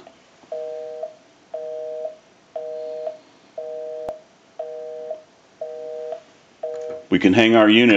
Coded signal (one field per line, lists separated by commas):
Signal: telephone call progress tone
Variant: North America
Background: speech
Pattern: busy tone